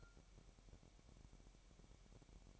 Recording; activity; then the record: daily activity, microphone in the room; take from stove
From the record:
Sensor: 1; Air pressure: 1012.1 hPa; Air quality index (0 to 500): 219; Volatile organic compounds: 5 ppm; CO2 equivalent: 1753 ppm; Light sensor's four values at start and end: 66/156/65/67 and 66/156/65/67